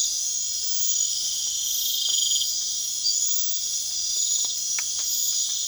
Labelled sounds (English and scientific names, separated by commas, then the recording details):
none
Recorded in pastures near Puerto Asís, Putumayo, Colombia, on 27 June 2025 at 23:30
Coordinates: 0.502, -76.324
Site G010